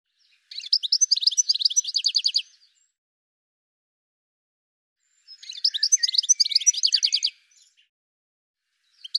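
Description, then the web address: Bird giving two bursts of quick, high, chattering chirps, each lasting about two seconds and separated by a long silence. "cianscape birddata Deverinetal 2025 File cleaned normalized Bird"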